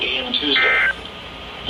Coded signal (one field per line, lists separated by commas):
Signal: Emergency Alert System (SAME) tones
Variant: end-of-message bursts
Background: speech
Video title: OKX flash flood warning (Stations are KWO35 and KZZ31) EAS #901-#902